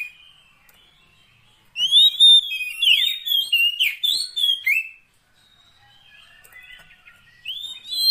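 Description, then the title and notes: Oriental magpie-robin song: a three-second flurry of loud whistled notes, a quiet gap, then one rising whistle at the end. Long-duration fill-in (isian) song track meant to make the bird sing energetically (gacor) day and night. "Kacer Jadi Gacor Siang Malam. Isian Kacer Durasi Panjang"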